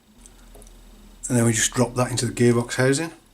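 An assembled differential with large 1680 bearings fitted on each side is handled over the plastic gearbox housing of a Tamiya Super Astute RC buggy, ready to be dropped in. A few faint ticks of handling come early, around 0.3 to 0.7 seconds, then someone talks for the rest of the clip. Nothing has seated or clicked yet.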